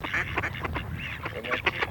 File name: Кряква